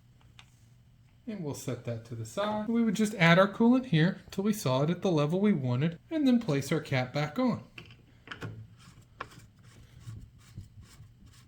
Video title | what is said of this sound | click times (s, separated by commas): How to Check Engine Coolant Jeep Renegade (2015 to 2023 Coolant Level Guide) | You should feel just one little click at the end. | 9.2 s